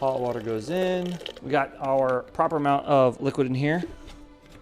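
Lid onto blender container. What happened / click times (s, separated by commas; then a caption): No seating click yet: the lid has not gone home / none. After hot water is poured into a Vitamix blender container, the plastic lid is being handled to press it down, with a click expected to confirm it is secure for hot contents. Someone talks over faint background music, and a small sound comes near the end at 4.5 s. The lid has not seated or clicked yet.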